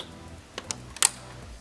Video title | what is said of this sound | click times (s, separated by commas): When Interior Designs Are Next Level | And once the aluminum frame is locked in place, you'll hear this very satisfying click. | 1.1 s